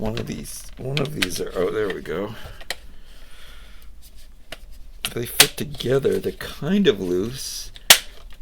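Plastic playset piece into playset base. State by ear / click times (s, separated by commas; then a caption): seated / 7.9 s. Someone talks while pressing plastic parts of a Hasbro Star Wars Young Jedi Adventures Tenoo Temple playset together, with a few loose fits making small clicks. At 7.9 s, a playset piece gives a sharp, loud snap as it seats firmly into the playset base, the first piece to actually snap into place.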